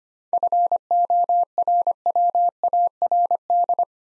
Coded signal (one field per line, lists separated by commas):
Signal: Morse code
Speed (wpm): 25 wpm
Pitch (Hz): 700 Hz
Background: none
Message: FORWARD